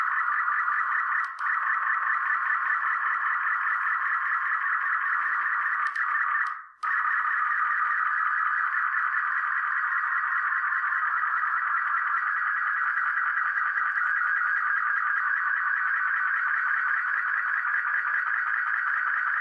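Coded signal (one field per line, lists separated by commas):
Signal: multi-tone FSK (Olivia or MFSK type)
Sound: steady warbling, burbling multi-tone data stream with two short interruptions near the start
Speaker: so now let's see if this works i'm going to hit the transmit button and be quiet for a little while so i don't disrupt the transmission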